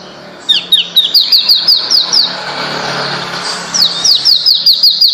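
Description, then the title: Bird song, a series of sharp downslurred whistled notes repeated quickly, a pause, then another rapid series. "Kicau Burung Yoi"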